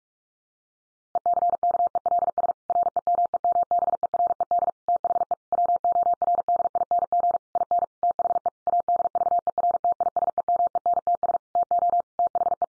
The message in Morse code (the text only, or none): ECKELS REMEMBERED THE WORDING IN THE ADVERTISEMENTS TO THE